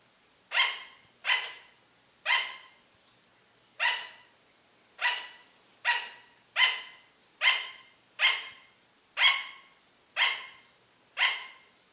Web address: paul. sugar Glider